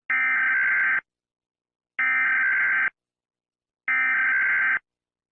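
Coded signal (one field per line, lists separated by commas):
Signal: Emergency Alert System (SAME) tones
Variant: header bursts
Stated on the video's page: Fictional, made-for-fun EAS scenario alert.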